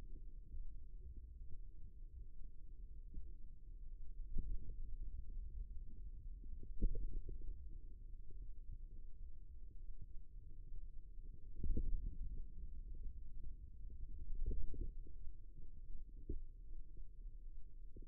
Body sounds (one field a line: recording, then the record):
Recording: forearm muscle sounds (acoustic myography)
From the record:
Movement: ulnar deviation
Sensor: system 2, bracelet of six BSWA MPA416 microphones around the upper forearm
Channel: 3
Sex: male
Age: 22 years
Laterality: right